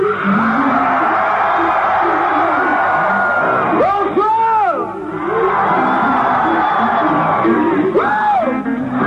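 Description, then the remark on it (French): A massive concert crowd of some 30,000 to 40,000 people, asked to shout all at once, roars and shouts together in a sustained, dense wall of noise, with individual voices rising in wavering yells and whoops above the steady din. “Alors, une fois, j'aimerais pour qu'on sache quand même, pour qu'on entende qu'il y a 40 000 personnes, j'aimerais tous en même temps vous entendre crier.”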